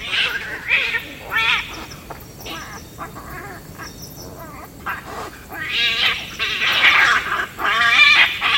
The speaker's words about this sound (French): C'est une mangouste pas très contente, a priori, qui a dû stresser avec quelque chose. Mais là, il doit y avoir des interactions